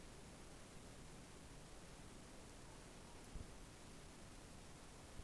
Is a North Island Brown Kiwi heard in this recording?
no